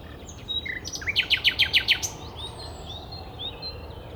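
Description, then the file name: Common nightingale song phrase: a fast run of several loud, evenly repeated chopped notes, followed by faint thin whistles. "Luscinia megarhynchos"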